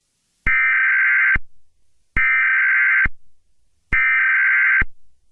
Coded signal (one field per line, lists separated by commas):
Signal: Emergency Alert System (SAME) tones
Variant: header bursts